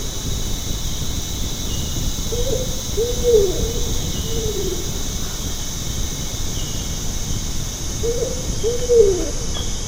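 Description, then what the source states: Bornean ground cuckoo giving low, short hooting notes in two groups, the main note dropping at its end, over steady low rumble and a constant high hum. Recorded in Danum Valley, Borneo.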